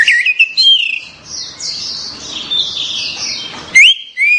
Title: Anis Merah1